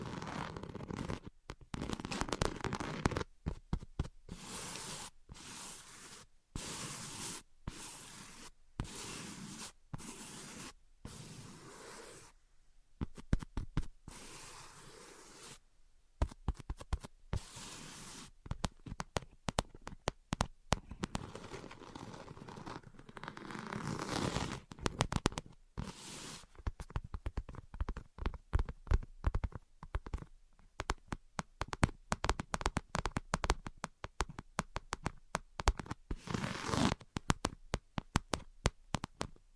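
Tapping and scratching go on throughout, with dense runs of sharp, bright taps interrupted by brief silent gaps. Softer, hissy scratching fills stretches between the tapping bursts, and the pace shifts from rapid clusters to sparser, irregular hits.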